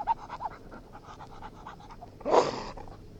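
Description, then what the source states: English springer spaniel panting in quick short breaths, then one loud harsh burst like a snort or bark near the end. Domestic dog barking and panting.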